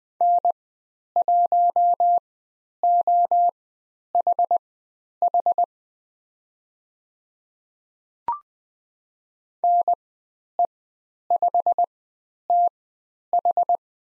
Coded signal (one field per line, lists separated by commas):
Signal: Morse code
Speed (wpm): 20 wpm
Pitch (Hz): 700 Hz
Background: none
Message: N1OHH NE5TH